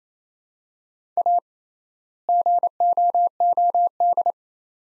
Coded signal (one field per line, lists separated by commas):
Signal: Morse code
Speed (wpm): 28 wpm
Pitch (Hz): 700 Hz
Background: none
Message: A GOOD